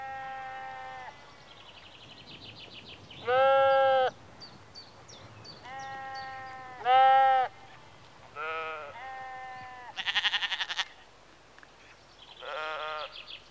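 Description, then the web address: Sheep bleating, several harmonic bleats of different pitches, with short bird chirps between them. Sheep in a rural exterior atmosphere, early evening, recorded mid close. "BBC Sound Effects Library BBC 52-Exterior Atmospheres-Rural Backg 10 Sheep Early Evening-Mid Close"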